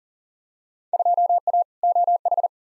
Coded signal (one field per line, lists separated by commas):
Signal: Morse code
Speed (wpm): 37 wpm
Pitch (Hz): 700 Hz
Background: none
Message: 2A OH